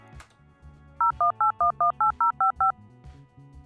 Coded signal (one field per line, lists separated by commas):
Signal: DTMF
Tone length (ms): 120 ms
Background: music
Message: 018118055